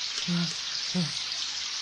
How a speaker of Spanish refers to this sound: ¿Pero qué es esta lluvia? Lo que está cayendo no es solamente agua, es oscuro. 6 de agosto de 1945. Una lluvia oscura caía sin cesar en la parte noroeste de la ciudad.